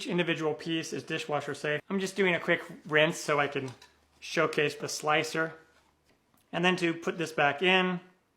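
Someone talks while handling a plastic grater drum for a Geedel rotary cheese grater, about to slide it back into the grater housing. The drum has not seated or clicked into place yet.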